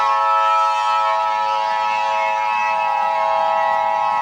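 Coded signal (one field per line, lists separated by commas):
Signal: Emergency Alert System (SAME) tones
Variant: 853 and 960 Hz attention tone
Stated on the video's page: Fictional mock EAS alert with custom audio and visual effects, not a real broadcast.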